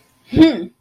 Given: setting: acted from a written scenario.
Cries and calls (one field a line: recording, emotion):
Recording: vocal sound without words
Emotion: pride